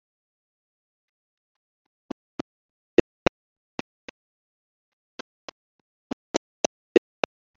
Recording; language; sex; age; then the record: short text; Brazilian Portuguese; male; 40 to 49 years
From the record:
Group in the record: control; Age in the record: 43 years